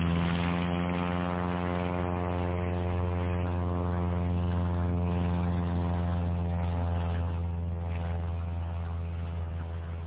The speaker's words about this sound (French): Par miracle, le moteur commence à tourner. L'avion démarre et après quelques hésitations bien compréhensibles, accepte de se tourner.